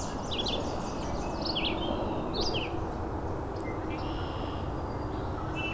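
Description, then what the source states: Blue-headed Vireo singing a few brief slurred, warbling phrases separated by short gaps, set against constant low-pitched environmental noise. Song described as very sweet sounding for a vireo.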